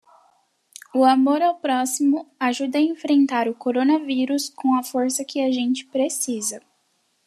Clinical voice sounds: spoken sentence; Brazilian Portuguese; female; 18 to 19 years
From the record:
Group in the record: control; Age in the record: 18 years

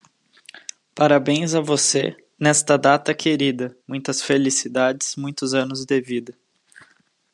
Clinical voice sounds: short text; Brazilian Portuguese; male; 20 to 29 years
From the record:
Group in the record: control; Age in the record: 24 years

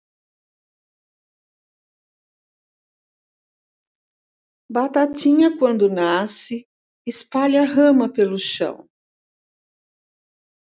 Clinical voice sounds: short text; Brazilian Portuguese; female; 60 to 69 years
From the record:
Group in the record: control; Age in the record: 66 years

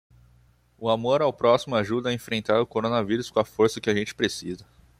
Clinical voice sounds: spoken sentence; Brazilian Portuguese; male; 18 to 19 years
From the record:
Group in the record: control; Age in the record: 19 years

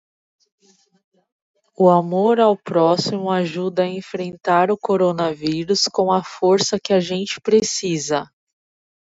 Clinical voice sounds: spoken sentence; Brazilian Portuguese; female; 30 to 39 years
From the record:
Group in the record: control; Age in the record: 33 years

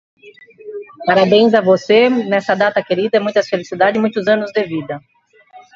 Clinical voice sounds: short text; Brazilian Portuguese; female; 50 to 59 years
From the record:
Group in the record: control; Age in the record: 52 years

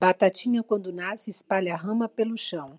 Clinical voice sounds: short text; Brazilian Portuguese; female; 50 to 59 years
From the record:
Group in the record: control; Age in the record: 58 years

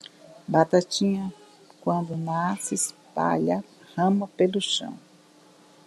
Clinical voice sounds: short text; Brazilian Portuguese; female; 50 to 59 years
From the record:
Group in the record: control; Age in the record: 58 years

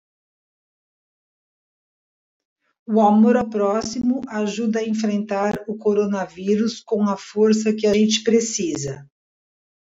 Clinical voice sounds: spoken sentence; Brazilian Portuguese; female; 60 to 69 years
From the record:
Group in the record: control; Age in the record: 66 years

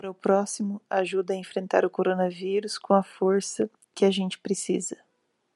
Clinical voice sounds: spoken sentence; Brazilian Portuguese; female; 30 to 39 years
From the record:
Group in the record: control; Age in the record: 38 years

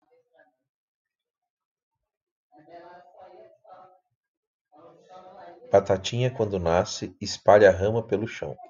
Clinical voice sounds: short text; Brazilian Portuguese; male; 40 to 49 years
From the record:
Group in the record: control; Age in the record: 41 years

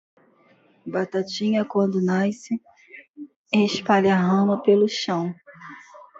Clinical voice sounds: short text; Brazilian Portuguese; female; 40 to 49 years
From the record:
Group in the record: control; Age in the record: 43 years

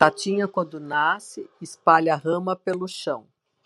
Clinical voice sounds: short text; Brazilian Portuguese; female; 60 to 69 years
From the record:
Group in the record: control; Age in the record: 65 years

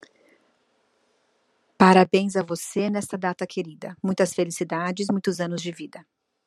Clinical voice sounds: short text; Brazilian Portuguese; female; 40 to 49 years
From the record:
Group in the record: control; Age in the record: 48 years

